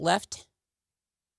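The small plastic battery-cover latch on a Motorola TLK100 LTE handheld two-way radio is being handled; sliding it left with a fingernail is hard to do. Someone talks briefly, then the clip goes silent after about 0.5 seconds. Nothing has seated or clicked yet.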